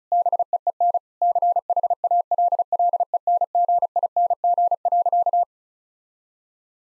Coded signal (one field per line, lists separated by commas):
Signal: Morse code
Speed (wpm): 34 wpm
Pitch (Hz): 700 Hz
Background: none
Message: BEEN CHALLENGING.